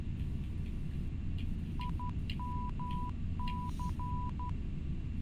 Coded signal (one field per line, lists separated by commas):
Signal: Morse code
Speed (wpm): 12 wpm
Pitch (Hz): 990 Hz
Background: none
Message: IMC